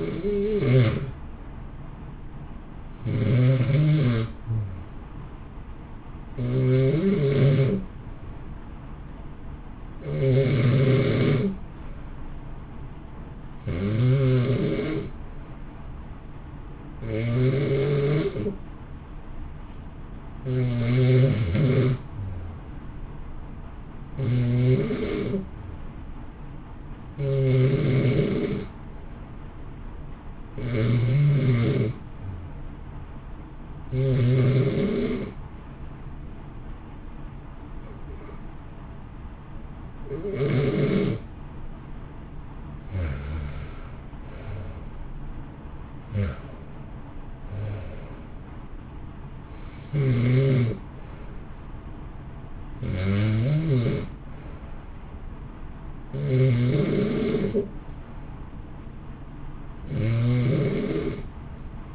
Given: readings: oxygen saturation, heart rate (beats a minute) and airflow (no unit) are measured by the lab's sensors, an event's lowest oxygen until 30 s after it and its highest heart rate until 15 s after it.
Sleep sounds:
breathing in sleep by a smartphone at the bedside; 1
32.00-46.20 s: hypopnea (REM, oxygen 91% highest, then 91% lowest, heart rate 62 at the start, 63 highest)
33.00-61.95 s: new sleep stage, N1 (lightest sleep)
From the record:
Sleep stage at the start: REM sleep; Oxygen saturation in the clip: 85 to 92%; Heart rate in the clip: 58 to 63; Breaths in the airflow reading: 22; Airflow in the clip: -1.0 to 1.7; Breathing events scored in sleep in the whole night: 328 in 6.3 hours asleep

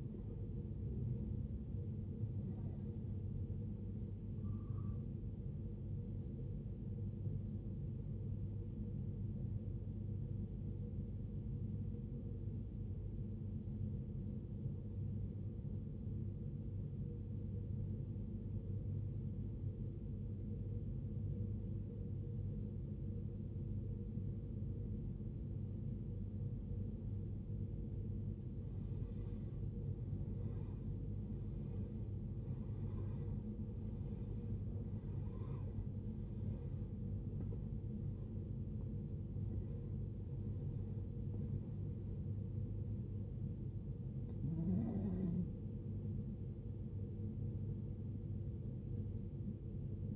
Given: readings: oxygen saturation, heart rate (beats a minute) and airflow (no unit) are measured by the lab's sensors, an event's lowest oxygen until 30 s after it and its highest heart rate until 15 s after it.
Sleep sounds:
breathing in sleep by a smartphone at the bedside; 1
14.00-30.80 s: obstructive apnea (N1, oxygen 95% highest, then 89% lowest, heart rate 56 at the start, 83 highest)
16.00-46.00 s: new sleep stage, N2 (light sleep)
46.00-50.16 s: new sleep stage, N1 (lightest sleep)
From the record:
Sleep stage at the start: N1 (lightest sleep); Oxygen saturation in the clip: 83 to 95%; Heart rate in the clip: 56 to 83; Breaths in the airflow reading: 7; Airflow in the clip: -15.1 to 16.2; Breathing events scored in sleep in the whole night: 389 in 6.3 hours asleep

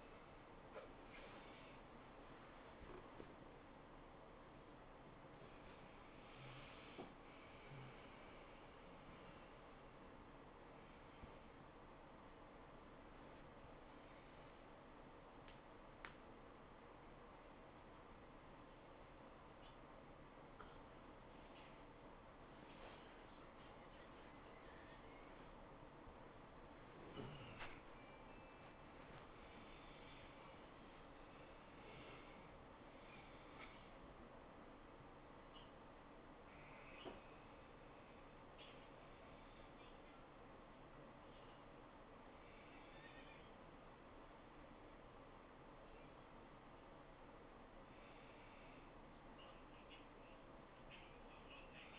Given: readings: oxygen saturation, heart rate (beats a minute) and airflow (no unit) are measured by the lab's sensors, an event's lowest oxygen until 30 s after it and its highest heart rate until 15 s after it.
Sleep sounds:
a person awake in a sleep study, by a voice recorder at the bedside; none
0.00-51.99 s: awake
From the record:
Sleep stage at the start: awake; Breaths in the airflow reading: 25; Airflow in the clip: -0.7 to 0.6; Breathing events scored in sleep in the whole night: 403 in 5.5 hours asleep

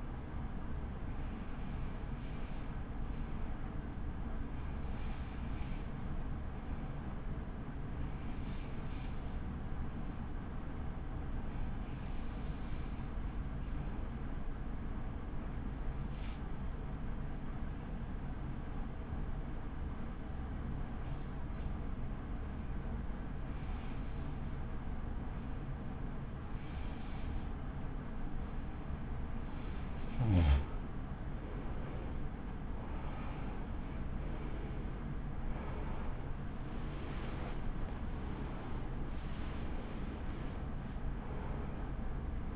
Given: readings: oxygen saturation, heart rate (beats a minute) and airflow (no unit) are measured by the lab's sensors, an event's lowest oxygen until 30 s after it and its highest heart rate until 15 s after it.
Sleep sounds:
breathing in sleep by a smartphone at the bedside; 1
3.00-19.90 s: hypopnea (REM, oxygen 96% highest, then 94% lowest, heart rate 55 at the start, 65 highest)
From the record:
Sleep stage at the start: REM sleep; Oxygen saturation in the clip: 90 to 96%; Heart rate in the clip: 45 to 75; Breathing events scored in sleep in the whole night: 83 in 6.1 hours asleep

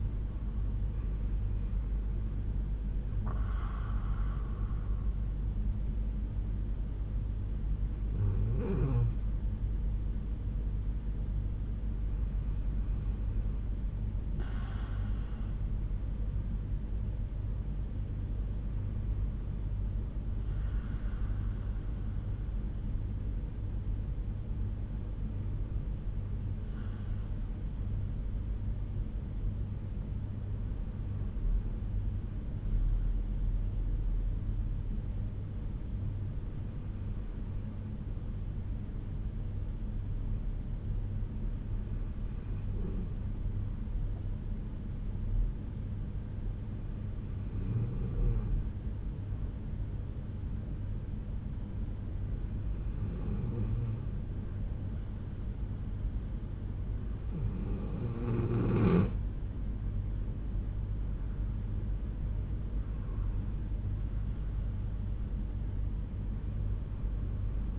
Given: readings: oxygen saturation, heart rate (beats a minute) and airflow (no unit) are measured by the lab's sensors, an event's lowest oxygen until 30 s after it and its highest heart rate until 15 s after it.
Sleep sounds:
breathing in sleep by a smartphone at the bedside; 1
17.00-55.90 s: hypopnea (N2, oxygen 96% highest, then 92% lowest, heart rate 63 at the start, 72 highest)
From the record:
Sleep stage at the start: N2 (light sleep); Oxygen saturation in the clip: 90 to 96%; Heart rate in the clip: 60 to 72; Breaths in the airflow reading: 12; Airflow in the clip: -7.0 to 6.8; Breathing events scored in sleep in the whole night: 368 in 8.0 hours asleep

